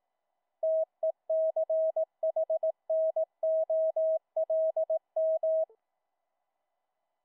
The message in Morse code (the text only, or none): TECHNOLM